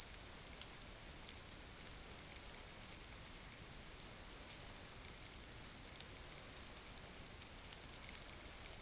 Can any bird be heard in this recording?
no